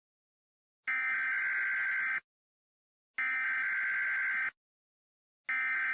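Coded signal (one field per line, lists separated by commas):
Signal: Emergency Alert System (SAME) tones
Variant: header bursts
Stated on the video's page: Fictional EAS scenario, a simulated Christmas special about Nibiru.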